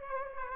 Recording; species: mosquito wingbeat signal from an infrared sensor; Aedes aegypti